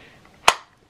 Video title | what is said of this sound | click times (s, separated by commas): G-Code Phenom Speed and Syncron IWB/ CCW Holsters | hear that click | 0.5 s